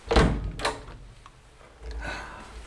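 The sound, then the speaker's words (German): A heavy cellar door is opened: two loud wooden clunks from the latch and frame, a brief pause, then a low, rumbling scrape as the door swings. “Das ist die Tür zum Keller.”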